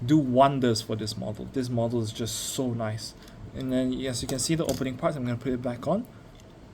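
A man talks while handling the magnetic opening body panel of a POPRACE CLK GTR diecast model car, getting ready to put it back onto the car body. A faint tap is heard near 6.4 s, but the panel has not yet snapped back into place and nothing has seated.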